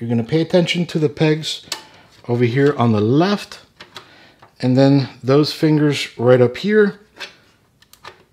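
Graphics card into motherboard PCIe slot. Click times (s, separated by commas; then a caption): 7.9 s. A new Sapphire NITRO+ Radeon RX 6700 XT Gaming OC graphics card is lined up with the case pegs and bracket fingers, then pressed down into the motherboard's PCIe slot. Someone talks, then after a pause a few small sharp clicks come at the end, and the plastic slot latch locks the card into place at 7.9 s.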